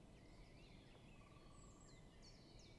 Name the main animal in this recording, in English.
Great Spotted Woodpecker